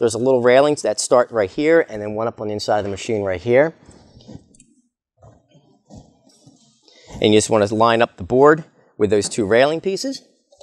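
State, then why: Not seated. Someone talks while lining up the formatter board of an HP Color LaserJet 4700 with the two railing pieces inside the printer chassis, ready to slide it in. During a pause in the talk, a few faint, brief taps and rustles are heard. The board has not clicked or seated yet.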